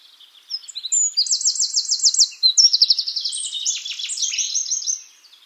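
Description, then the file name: Eurasian wren delivering one loud, high-pitched song phrase of rapid repeated trills and chattering rattles lasting about five seconds. "Troglodytes troglodytes"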